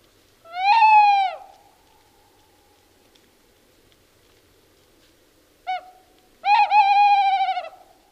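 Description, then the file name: Tawny owl hooting: one drawn-out hoot, then silence, a short clipped note and a long wavering final hoot, with no other sounds. "Kattuggla ljud"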